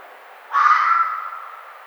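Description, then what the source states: Red fox uttering one abrupt, hoarse scream that rises in sharply and fades out over about a second, against a faint constant hiss. 1 April 2009.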